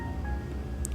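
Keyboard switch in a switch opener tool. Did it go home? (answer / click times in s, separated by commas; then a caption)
released / 0.8 s. A Gateron Silver Pro V3 mechanical keyboard switch from a GMK67 keyboard is pressed into a plastic switch opener, lining up the small and large side notches, over a steady background of music. A short, sharp click sounds at 0.9 s as the top housing unlatches and the switch is released open.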